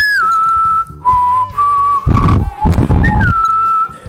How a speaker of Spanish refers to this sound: Que, viste que dijeron que no, sigue silbando nomás, después te cuento.